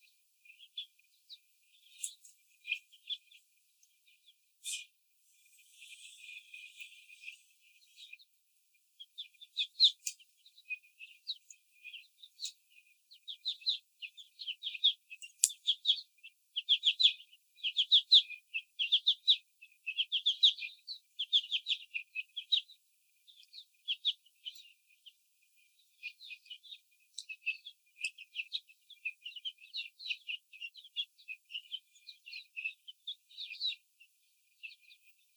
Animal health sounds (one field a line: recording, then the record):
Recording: young laying hens in a cage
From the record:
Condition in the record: before the stressor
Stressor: simulated dog barking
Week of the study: 4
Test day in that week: 2